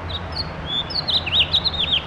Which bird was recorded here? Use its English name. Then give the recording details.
House Finch. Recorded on Long Island, New York, on 7 June 2011. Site MV. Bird A